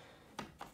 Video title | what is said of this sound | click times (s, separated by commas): How To: Removing and Replacing the Front Wheels on Your Colugo Compact Stroller | replace the wheel align the pin push in until you hear a click and you're all set | 0.4 s